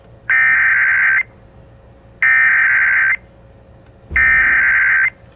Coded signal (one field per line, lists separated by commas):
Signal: Emergency Alert System (SAME) tones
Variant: header bursts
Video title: Tornado Warning | EAS #394